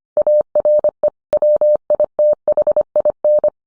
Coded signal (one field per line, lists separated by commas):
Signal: Morse code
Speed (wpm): 25 wpm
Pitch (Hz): 600 Hz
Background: none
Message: ARE WITHIN